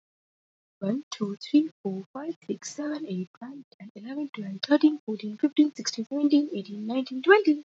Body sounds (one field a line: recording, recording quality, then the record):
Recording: counting at a normal pace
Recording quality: excellent, no background noise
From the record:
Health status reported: healthy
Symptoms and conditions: fever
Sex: female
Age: 20 years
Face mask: not worn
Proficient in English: yes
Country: India